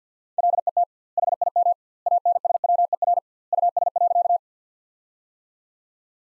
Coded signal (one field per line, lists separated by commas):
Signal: Morse code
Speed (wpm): 50 wpm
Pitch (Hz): 700 Hz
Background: none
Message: LET HIM ANSWER US.